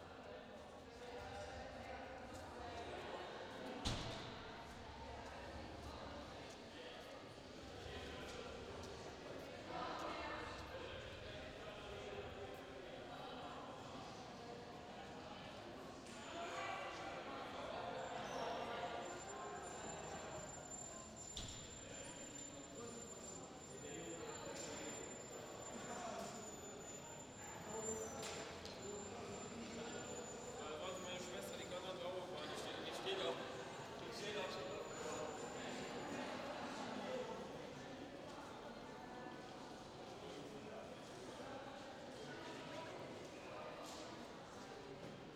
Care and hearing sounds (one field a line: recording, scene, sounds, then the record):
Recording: everyday scene through a hearing-aid microphone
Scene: reverberant space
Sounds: background noise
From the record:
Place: railway station hall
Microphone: in the ear canal, left